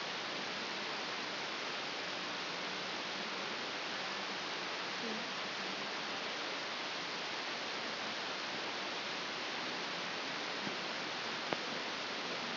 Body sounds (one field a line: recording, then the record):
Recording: brain microelectrode recording played as sound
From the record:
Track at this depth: inside the subthalamic nucleus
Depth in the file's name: 5.513 mm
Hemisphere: left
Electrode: 2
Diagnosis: Parkinson's disease